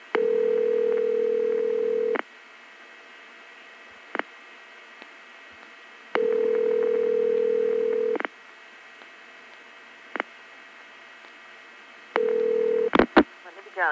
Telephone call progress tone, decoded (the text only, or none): ringback tone